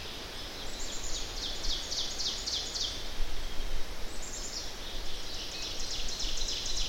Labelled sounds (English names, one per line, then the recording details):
Ovenbird song
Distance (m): 65 m
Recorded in boreal forest in Alberta, Canada, on 10 June 2016 at 08:13
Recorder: SongMeter 3, array SBT-3-39
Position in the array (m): 234 m, 147 m
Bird 17